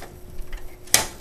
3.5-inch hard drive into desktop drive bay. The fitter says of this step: the hard drive end let it snap in place